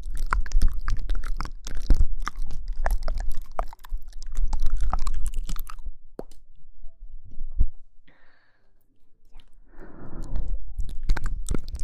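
Mouth sounds: a dense run of wet clicks, smacks and crunchy chewing fills the first six seconds, then thins out. After a quiet stretch near eight seconds, a brief sigh-like breath and a longer, louder breathy exhale around ten seconds follow, with scattered clicks.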